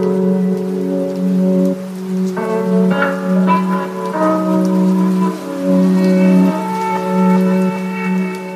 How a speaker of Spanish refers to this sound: Aquí, calentitos, mientras llueve fuera y vemos cómo caen los goterones por la ventana.